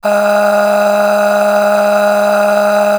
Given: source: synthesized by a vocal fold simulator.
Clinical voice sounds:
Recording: sustained vowel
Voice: female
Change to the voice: aspiration noise (breathiness), level 10 of 10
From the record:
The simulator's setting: 4.64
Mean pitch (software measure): 206 Hz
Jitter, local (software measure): 1.60%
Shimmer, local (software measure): 17.1%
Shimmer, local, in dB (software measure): 1.54 dB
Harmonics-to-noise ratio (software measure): 9.6 dB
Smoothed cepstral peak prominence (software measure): 9.8 dB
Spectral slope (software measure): -18.8 dB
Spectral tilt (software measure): -7.2 dB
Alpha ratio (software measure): -9.4 dB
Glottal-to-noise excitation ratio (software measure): 0.619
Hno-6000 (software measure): 1.7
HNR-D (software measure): 33.5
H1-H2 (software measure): 7.5 dB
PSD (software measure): 6.5e-05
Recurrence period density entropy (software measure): 0.136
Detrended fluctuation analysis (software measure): 0.0283

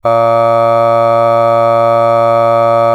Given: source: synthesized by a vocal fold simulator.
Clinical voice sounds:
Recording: sustained vowel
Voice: male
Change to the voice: aspiration noise (breathiness), level 4 of 10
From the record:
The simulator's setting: 0.52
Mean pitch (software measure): 115 Hz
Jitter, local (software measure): 0.28%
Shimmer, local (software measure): 1.9%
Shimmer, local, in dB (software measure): 0.16 dB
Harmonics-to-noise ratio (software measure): 26.5 dB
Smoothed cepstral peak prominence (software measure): 20.7 dB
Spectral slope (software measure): -17.2 dB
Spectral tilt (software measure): -9.1 dB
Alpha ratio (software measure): -7.6 dB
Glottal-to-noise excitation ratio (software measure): 0.990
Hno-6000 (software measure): 2.3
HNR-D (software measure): 24.2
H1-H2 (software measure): 4.9 dB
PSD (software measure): 2.3e-05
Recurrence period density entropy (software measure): 0.108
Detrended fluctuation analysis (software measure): 0.0543

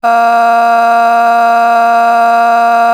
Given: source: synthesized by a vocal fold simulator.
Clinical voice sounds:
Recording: sustained vowel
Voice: female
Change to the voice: a random mix of aspiration noise, stiffness perturbation and strain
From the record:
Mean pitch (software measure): 233 Hz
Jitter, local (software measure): 0.73%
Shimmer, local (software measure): 5.1%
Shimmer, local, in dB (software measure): 0.44 dB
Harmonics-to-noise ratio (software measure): 19.9 dB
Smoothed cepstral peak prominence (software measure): 15.5 dB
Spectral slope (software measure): -17.8 dB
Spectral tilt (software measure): -8.3 dB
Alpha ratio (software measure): -8.3 dB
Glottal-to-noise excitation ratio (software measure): 0.930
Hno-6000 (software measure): 2.0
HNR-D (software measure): 40.4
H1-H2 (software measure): -1.2 dB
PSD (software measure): 3.2e-05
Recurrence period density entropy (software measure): 0.115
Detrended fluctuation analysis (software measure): 0.0112

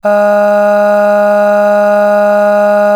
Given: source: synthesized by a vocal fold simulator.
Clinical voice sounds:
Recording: sustained vowel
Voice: female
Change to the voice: aspiration noise (breathiness), level 6 of 10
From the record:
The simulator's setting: 1.12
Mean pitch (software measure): 206 Hz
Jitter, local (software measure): 0.42%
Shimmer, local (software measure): 4.4%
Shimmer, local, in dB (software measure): 0.38 dB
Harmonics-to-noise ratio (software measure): 21.9 dB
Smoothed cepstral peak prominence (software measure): 15.1 dB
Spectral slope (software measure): -21.8 dB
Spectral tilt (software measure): -7.6 dB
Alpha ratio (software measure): -12.2 dB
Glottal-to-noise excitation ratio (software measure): 0.909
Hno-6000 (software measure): 2.1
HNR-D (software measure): 39.1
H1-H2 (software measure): 8.3 dB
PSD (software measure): 1.7e-05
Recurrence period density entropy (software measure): 0.115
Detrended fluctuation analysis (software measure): 0.0274

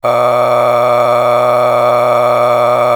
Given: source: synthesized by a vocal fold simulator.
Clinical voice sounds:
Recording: sustained vowel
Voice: male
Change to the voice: a random mix of aspiration noise, stiffness perturbation and strain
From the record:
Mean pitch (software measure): 113 Hz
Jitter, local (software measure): 2.84%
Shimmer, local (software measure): 11.3%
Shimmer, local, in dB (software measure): 1.02 dB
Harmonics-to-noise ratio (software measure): 8.9 dB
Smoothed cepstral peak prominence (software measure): 12.8 dB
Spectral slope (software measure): -15.2 dB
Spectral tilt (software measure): -10.2 dB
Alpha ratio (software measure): -5.7 dB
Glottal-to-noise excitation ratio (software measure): 0.909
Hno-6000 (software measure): 2.0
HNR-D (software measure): 21.8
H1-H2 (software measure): 2.2 dB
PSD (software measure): 2.1e-04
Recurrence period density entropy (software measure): 0.121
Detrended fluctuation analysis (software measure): 0.0349

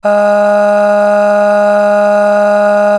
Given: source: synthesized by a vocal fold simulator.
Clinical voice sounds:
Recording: sustained vowel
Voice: female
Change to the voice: aspiration noise (breathiness), level 7 of 10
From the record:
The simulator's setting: 1.57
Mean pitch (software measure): 206 Hz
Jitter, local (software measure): 0.56%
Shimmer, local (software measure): 6.7%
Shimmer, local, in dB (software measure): 0.58 dB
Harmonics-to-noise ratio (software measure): 19.0 dB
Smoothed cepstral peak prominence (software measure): 13.8 dB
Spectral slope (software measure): -21.6 dB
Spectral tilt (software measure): -7.5 dB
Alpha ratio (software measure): -12.0 dB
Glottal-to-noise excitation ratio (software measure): 0.869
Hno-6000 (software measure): 1.9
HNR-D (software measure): 38.7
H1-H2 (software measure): 8.3 dB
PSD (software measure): 4.7e-05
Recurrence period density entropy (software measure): 0.114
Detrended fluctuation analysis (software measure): 0.0275

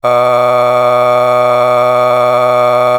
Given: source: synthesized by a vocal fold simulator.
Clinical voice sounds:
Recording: sustained vowel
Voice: male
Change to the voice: a random mix of aspiration noise, stiffness perturbation and strain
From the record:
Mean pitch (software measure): 123 Hz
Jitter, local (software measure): 0.91%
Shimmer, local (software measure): 6.5%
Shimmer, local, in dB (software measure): 0.58 dB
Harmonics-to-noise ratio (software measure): 15.9 dB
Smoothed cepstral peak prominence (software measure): 17.3 dB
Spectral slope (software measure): -14.8 dB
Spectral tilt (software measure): -9.7 dB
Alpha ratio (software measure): -5.3 dB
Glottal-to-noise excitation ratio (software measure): 0.951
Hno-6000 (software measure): 1.9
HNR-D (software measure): 29.6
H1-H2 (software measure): 1.5 dB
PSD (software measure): 8.4e-05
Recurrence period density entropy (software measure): 0.115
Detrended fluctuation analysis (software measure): 0.0321

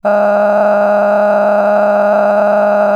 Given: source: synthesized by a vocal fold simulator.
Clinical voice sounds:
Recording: sustained vowel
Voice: female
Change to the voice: cycle-to-cycle stiffness perturbation (roughness), level 10 of 10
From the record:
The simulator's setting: 6.49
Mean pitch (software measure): 206 Hz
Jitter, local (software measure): 3.23%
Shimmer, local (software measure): 18.9%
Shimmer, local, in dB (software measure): 1.65 dB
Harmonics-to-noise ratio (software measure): 10.3 dB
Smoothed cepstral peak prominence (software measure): 13.3 dB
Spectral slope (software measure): -21.8 dB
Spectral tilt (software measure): -12.0 dB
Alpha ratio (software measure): -12.2 dB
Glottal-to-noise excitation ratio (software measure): 0.934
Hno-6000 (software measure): 2.4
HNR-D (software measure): 28.5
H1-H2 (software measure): 3.1 dB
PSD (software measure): 1.3e-04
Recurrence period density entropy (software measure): 0.113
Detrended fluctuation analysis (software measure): 0.0294

